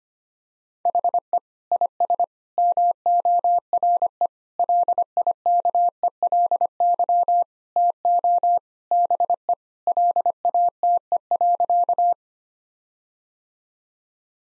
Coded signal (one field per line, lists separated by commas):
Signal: Morse code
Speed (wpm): 25 wpm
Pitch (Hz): 700 Hz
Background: none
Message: HE IS MORE LIKELY TO BE LATE.